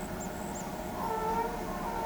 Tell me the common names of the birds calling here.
none